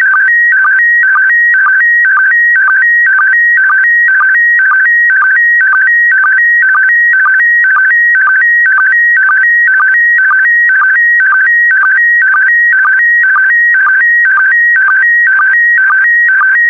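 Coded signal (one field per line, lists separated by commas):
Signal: SSTV (slow-scan television)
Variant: PD120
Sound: steady warbling tone with rhythmic low blips about twice a second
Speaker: The next image transmission will start in 10 seconds.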